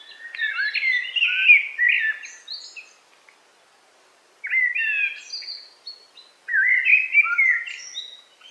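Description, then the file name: Eurasian blackbird song in three phrases of mellow, fluty warbling mixed with high twitters, separated by short silent gaps. Recorded in a forest on 8 July 2018. "180708 blackbird forest"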